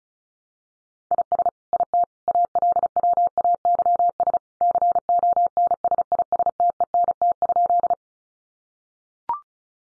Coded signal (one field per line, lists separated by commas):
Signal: Morse code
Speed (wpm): 34 wpm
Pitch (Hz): 700 Hz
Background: none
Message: IS IT ALWAYS CONSISTENT?